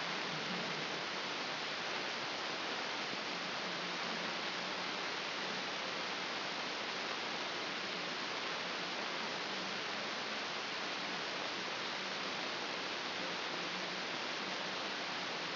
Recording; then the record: brain microelectrode recording played as sound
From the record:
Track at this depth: inside the subthalamic nucleus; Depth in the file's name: 4.518 mm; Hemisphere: left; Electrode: 2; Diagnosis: Parkinson's disease